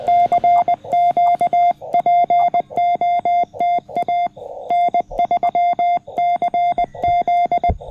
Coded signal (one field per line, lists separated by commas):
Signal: Morse code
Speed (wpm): 20 wpm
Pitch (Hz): 700 Hz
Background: none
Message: CQ POTA N3CZ